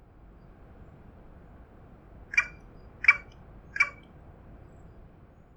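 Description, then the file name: Carrion crow giving three harsh, hoarse caws, evenly spaced about seven-tenths of a second apart, with a quiet background. "Corvus corone"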